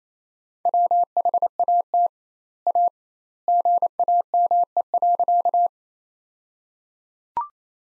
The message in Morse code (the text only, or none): WHAT A GAME.